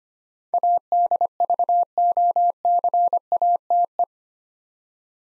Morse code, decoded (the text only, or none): ADVOCATE